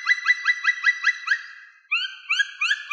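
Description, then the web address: Black woodpecker calls: a quick series of about six rising, ringing notes, then a pause and several longer upslurred whistled calls. "Dryocopus martius"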